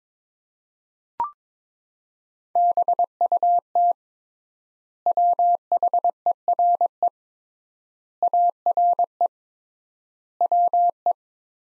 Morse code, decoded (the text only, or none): BUT WHERE ARE WE